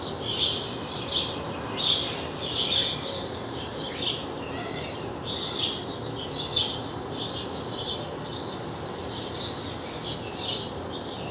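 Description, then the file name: House sparrow calling in repeated bright chirps, clustered in quick groups of two or three, continuing across the whole stretch over a light background hiss. "Passer domesticus"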